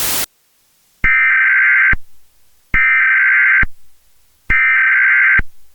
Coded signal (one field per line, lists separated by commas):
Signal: Emergency Alert System (SAME) tones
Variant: header bursts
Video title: [EAS Scenario/Analog Horror] Paralysis Outbreak